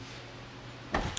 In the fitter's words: We're going to hear it snap back into place, and that's how we know it's secure.